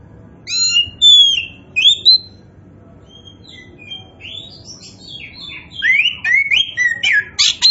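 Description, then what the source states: Oriental magpie-robin song opens with loud clear slurred whistles, then builds into a quicker jumble of rising whistles and sharp harsh notes. Kacer poci (Indonesian name), described as gacor, singing actively and continuously.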